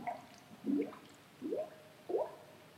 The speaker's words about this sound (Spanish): Y fijaros, y este es el otro formato de burbuja que me interesaba.